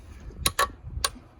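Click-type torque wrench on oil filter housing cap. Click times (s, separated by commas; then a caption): 0.5 s, 1.1 s. A click-type torque wrench set to 18 ft-lb tightens the oil filter housing cap on a Dodge Challenger 3.6 during an oil change. Sharp metallic clicks ring out at 0.5 s and again at 1.1 s on a second pull, with another brief snap at 0.6 s. The wrench clicks both times, confirming the cap is torqued to 18 ft-lb.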